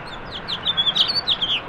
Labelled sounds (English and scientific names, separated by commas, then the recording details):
House Finch (Haemorhous mexicanus) song
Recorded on Long Island, New York, on 18 April 2012
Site GC
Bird A